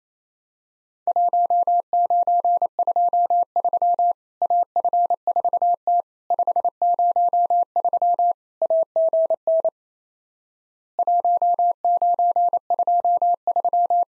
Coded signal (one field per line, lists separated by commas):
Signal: Morse code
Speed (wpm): 28 wpm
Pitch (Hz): 700 Hz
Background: none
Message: 1923 AF4T 503 AGN 1923